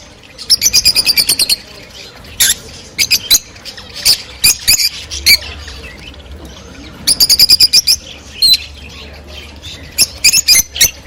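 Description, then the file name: Rosy-faced lovebird chirping: rapid bursts of sharp, high chirps in quick runs near the start and again at seven seconds, with scattered single squeaks between. Cheerful singing and chirping of rosy-faced lovebirds, more than one bird. "krasivoe i veseloe penie i chirikane rozovoshhekih nerazluchnikov"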